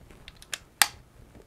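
AirPods Pro wireless earbuds fitted with new Foam Masters 2021 foam eartips are pressed down into their charging case. A few faint ticks lead to a louder tick near 0.5 s, then a sharp snap at 0.8 s as the earbuds seat fully in the case.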